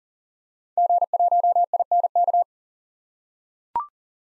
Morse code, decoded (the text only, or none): G1INK